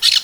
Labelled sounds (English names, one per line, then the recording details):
Brown-throated Parakeet contact call
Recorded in Venezuela
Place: Guárico; Corozopando; Fundo La Fe
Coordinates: 8.506, -67.593